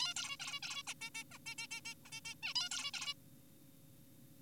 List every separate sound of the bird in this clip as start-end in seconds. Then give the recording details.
0.00-0.14, 0.16-0.36, 0.40-0.60, 0.63-0.83, 0.87-0.94, 1.02-1.10, 1.15-1.24, 1.31-1.38, 1.46-1.55, 1.58-1.67, 1.71-1.81, 1.85-1.94, 2.06-2.11, 2.12-2.20, 2.25-2.34, 2.43-2.54, 2.56-2.69, 2.71-2.91, 2.94-3.14. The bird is an adult. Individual g4p5U